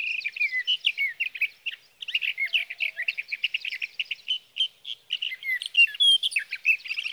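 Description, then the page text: Sage thrasher delivering fast, continuous warbled song, with a short pause before resuming and occasional thin high whistles. Male singing through the night near his night roost, evening of June 12 to morning of June 15, 2018, Sierra Valley, California; recorded with a Swift recorder. "61. Sage thrasher songs, through the night."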